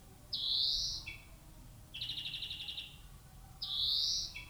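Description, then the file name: European greenfinch calls: a long rising nasal wheeze, a rapid rattling trill lasting about a second, then a second wheeze, with faint low rumble beneath. "Chloris chloris"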